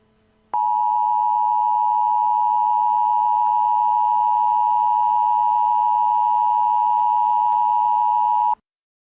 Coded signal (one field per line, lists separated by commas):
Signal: Emergency Alert System (SAME) tones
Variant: 853 and 960 Hz attention tone